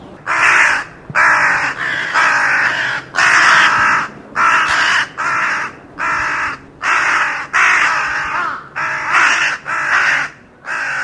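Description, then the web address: Bird giving a loud, steady run of about twelve harsh, grating calls, evenly spaced at roughly one per second. "Deverinetal 2025 File origin Bird Only"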